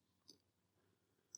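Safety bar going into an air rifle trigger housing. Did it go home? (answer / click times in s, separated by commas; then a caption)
no / none. A metal safety bar is nudged and pushed into position in an air rifle trigger housing during reassembly, where it is meant to click in and lock the safety body so it cannot come out the back. Two brief, sharp handling ticks are heard at about 0.3 s and 1.4 s over quiet background. Nothing has clicked into place yet; the clip ends just before the bar goes home.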